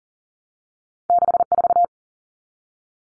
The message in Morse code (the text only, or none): 64